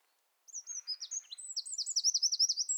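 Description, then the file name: Eurasian wren song: high, rapid trills and sharp chattering notes, briefly over a soft low rattle, growing louder toward the end. "Troglodytes troglodytes"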